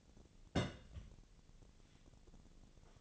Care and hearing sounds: daily activity, microphone in the room; place on stove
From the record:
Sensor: 4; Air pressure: 1000.8 hPa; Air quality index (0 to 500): 126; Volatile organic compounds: 1 ppm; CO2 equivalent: 946 ppm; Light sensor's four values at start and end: 40/98/41/46 and 41/99/42/46

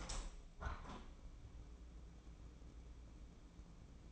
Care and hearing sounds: daily activity, microphone in the room; open window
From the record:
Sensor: 1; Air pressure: 1012.3 hPa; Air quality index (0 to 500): 168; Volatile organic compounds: 3 ppm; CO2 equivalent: 1367 ppm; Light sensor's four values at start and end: 150/335/148/155 and 150/338/149/156

